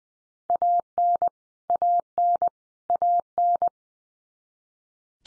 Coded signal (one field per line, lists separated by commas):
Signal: Morse code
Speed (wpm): 20 wpm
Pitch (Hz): 700 Hz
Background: none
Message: AN AN AN